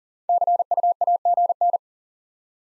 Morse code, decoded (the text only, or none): CU AGN